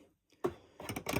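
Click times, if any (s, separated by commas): none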